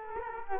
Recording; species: mosquito wingbeat signal from an infrared sensor; Culex quinquefasciatus